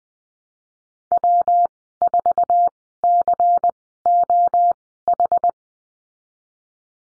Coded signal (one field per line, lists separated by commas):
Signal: Morse code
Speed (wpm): 20 wpm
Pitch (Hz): 700 Hz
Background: none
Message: W4COH